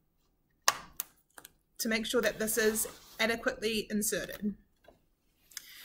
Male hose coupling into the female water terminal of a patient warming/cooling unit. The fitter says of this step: we'll wait until we hear a nice click